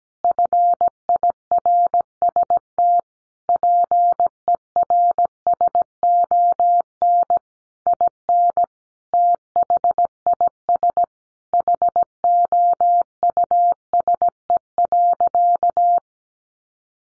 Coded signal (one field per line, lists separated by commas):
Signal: Morse code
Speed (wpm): 17 wpm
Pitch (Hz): 700 Hz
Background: none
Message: FIRST PERSON IN THIS HOUSE.